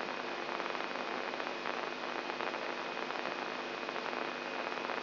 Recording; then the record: brain microelectrode recording played as sound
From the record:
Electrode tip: inside the subthalamic nucleus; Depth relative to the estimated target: 1 mm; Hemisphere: left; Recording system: AlphaMap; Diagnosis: Parkinson's disease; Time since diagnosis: 11 years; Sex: male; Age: 67 years